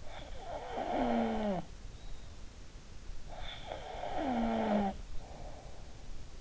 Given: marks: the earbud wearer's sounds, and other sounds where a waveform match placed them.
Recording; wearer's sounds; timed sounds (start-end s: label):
sounds in sleep by an in-ear microphone; snoring breath
0.15-2.00 s: snoring breath
3.30-6.03 s: snoring breath